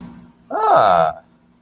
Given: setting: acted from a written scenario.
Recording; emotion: vocal sound without words; positive surprise